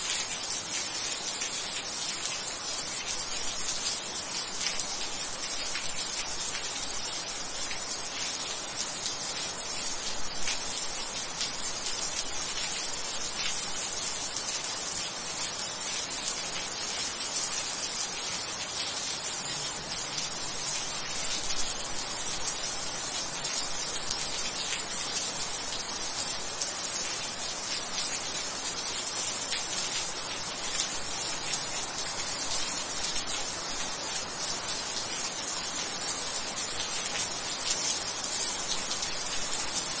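Steady, dense rain patters on a hard brick surface, countless bright droplets ticking evenly throughout with no pauses or other sounds.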